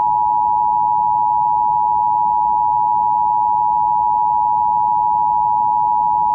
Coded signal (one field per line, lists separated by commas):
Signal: Emergency Alert System (SAME) tones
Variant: 853 and 960 Hz attention tone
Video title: Strange Winter Storm: [EAS MOCK]